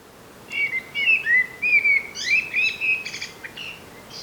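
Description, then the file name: Common blackbird delivering a rich, continuous warble of mellow whistled notes mixed with short high squeaky flourishes. "Turdus merula"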